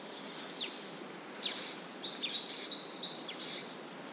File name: Poecile palustris